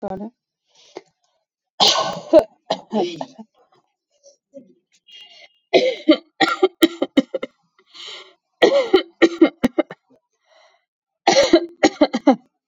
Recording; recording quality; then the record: heavy voluntary cough; moderate, slight background noise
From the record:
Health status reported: COVID-19 positive, no symptoms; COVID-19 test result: positive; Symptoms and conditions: cough, cold, fever, muscle pain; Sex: female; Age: 35 years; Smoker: no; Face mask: worn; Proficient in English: yes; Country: India